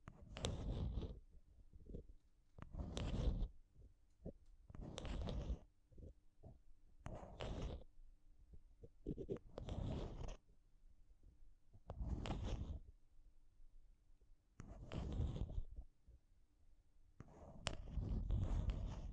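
Tapping and scratching on a microphone comes in repeated bursts about every two to three seconds, each a dense, rough rush that reaches from a deep thud up into bright hiss. Between bursts, short soft knocks and a faint steady low hum fill the gaps.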